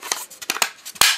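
A plastic projector piece is fitted into a toy projector housing after some fiddling with its orientation. Several light plastic taps and scrapes come first, with sharp clicks near 0.1 and 0.6 seconds. A final loud, sharp click at 1.0 seconds marks the piece seating into place.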